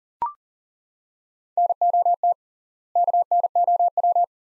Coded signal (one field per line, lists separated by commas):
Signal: Morse code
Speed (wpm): 40 wpm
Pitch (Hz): 700 Hz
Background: none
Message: NOT KNOW